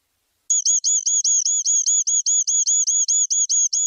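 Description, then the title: Streaked spiderhunter song: a rapid, steady series of identical high, clipped notes, clean with no other sounds. Long, clear, vigorous singing; tutor song for training songbirds. "Pijantung Gunung Gacor Jernih Panjang"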